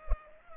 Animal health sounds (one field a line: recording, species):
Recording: mosquito wingbeat signal from an infrared sensor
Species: Culex pipiens